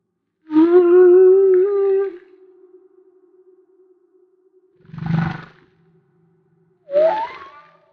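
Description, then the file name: Humpback whale song: a long slightly rising harmonic wail, then a low grunt and a short upward sweep. Recorded off Maui. "Humpback Whale - Maui Whale One"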